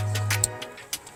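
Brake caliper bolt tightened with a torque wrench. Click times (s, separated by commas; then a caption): 0.4 s. A brake caliper bracket bolt on a VW Jetta with Brembo brakes is tightened with a torque wrench over background music. The wrench gives a sharp, short click at 0.4 s as it reaches its set torque, followed by a few softer ticks.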